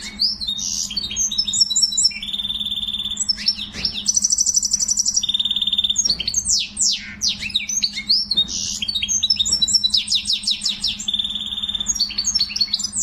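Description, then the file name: Canary in sustained song, alternating rapid trills, level whistled notes and swooping chirps for over ten seconds, accompanied by a low electrical-like hum. "sing finch canary"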